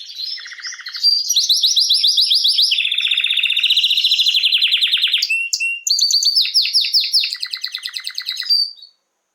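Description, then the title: Canary song: continuous rolling trills that switch pitch several times, a brief pause, then quick repeated sweeping notes and a fading trill. Male Belgian canary named Raiden singing a lot; played to warm up young canaries. "Esquente Seu Filhote E Canario Belga Em 30 Minutos Macho Cantando Muito. Canrio Belga RAIDEN Cantando Muito - Esquente seu Canrio Belga"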